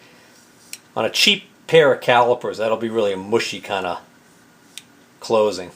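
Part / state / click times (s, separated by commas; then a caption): caliper sliding jaw closing against the fixed jaw / seated / 0.7 s. The sliding jaw of a pair of calipers, cleaned and smoothed, closes against the fixed jaw with a crisp click at 0.7 s, seating shut cleanly rather than with the mushy feel of cheap calipers. Someone talks through most of the clip, and another brief sharp tick comes at 4.8 s.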